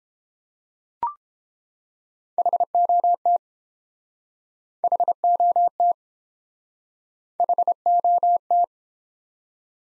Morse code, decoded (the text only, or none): HOT HOT HOT